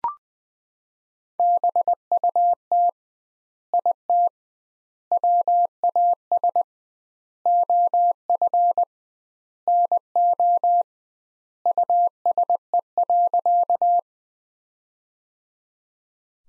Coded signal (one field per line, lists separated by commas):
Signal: Morse code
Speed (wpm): 21 wpm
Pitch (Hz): 700 Hz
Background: none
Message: BUT IT WAS OF NO USE.